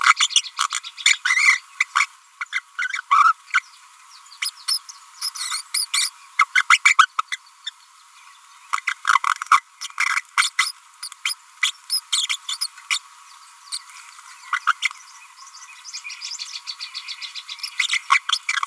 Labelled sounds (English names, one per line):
Green-rumped Parrotlet babbling